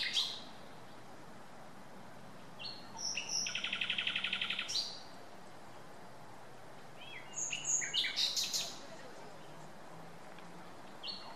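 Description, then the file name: Common nightingale singing: a brief note, then a long, fast buzzy rattle. After a pause comes a phrase of high whistles and chirps, and a faint note at the end. "Luscinia megarhynchos"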